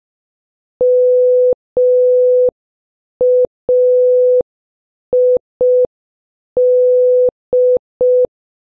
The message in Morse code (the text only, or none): MAID